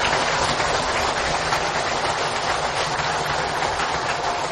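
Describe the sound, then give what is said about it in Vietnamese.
A large Buddhist assembly applauds loudly and continuously to honour the Venerable Thích Phước Tiến, a dense wash of many hands clapping at once that holds steady without breaks or voices for the whole few seconds. “Toàn thể đạo tràng cho một tràng vỗ tay thật lớn để cung kính Đại Đức.”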